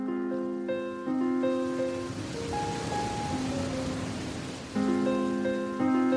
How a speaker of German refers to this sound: Es regnet.